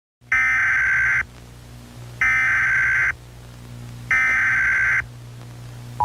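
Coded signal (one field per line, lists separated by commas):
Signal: Emergency Alert System (SAME) tones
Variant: header bursts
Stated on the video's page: Fictional scenario.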